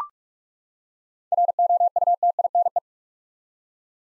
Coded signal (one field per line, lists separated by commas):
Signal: Morse code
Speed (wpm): 42 wpm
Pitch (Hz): 700 Hz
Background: none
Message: ROUTINE